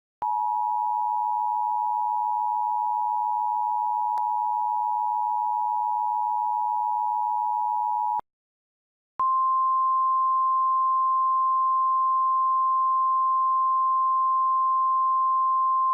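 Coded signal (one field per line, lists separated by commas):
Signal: Emergency Alert System (SAME) tones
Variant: 853 and 960 Hz attention tone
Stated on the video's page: Remake (mock) of a New York tornado warning alert, not the original broadcast.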